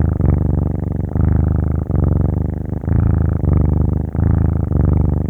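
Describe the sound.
Domestic cat kitten purring steadily, a deep rumbling pulse broken by brief breath pauses roughly every second.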